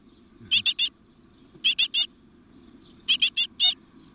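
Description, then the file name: Great tit calling in three bursts of three or four quick harsh notes, over a quiet background. "Parus major"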